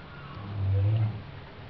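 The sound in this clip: Whale giving a single short, low, steady moan that swells and fades over a background of constant hiss.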